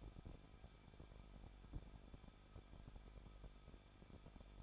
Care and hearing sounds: daily activity, microphone in the room; no activity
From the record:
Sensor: 5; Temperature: 20.7 degrees Celsius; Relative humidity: 38.5%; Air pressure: 1006.5 hPa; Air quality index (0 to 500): 191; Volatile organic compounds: 20 ppm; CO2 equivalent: 2691 ppm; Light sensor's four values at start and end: 2/3/1/1 and 2/3/1/1

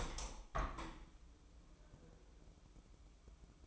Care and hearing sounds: daily activity, microphone in the room; open window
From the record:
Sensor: 1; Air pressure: 1015.0 hPa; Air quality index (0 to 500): 49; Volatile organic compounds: 1 ppm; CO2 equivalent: 659 ppm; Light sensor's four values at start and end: 10/25/10/11 and 11/26/10/11

